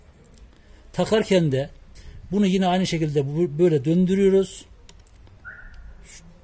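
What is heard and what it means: Someone talks while turning the lever on a Makita jigsaw and handling the metal jigsaw blade to bring its end into the blade holder, with a few faint handling clicks near the start and around 4.9 to 5.3 seconds. Nothing has seated or clicked into place yet.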